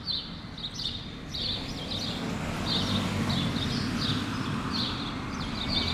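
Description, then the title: Sparrow chirps, short bright notes in quick groups, over a low hum of city noise. Rue Keyenveld, Ixelles, Brussels, Belgium, a street with cars and people passing by; recorded with a Lom Usi Pro AB pair into a Zoom F6. "Rue Keyenveld, Ixelles, Bruxelles-Capitale, Belgique - Sparrows - moineaux"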